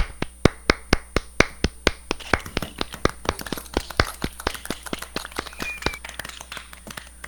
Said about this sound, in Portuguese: Palmas aí pra ele, parabéns.